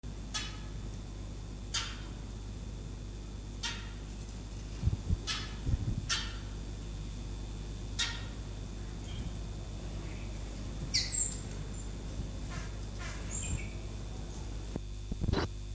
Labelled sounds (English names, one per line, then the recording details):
Taveta Weaver call
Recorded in captivity
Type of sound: call
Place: Zoo Berlin, Berlin, DE
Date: 2004-12-30 14:12
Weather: cloudy, 2°C
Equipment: Sony WM-D6C, Sennheiser ME 80, Kopie Uher 4000 Report Monitor
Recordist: Tembrock, Günter
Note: Kurzlaute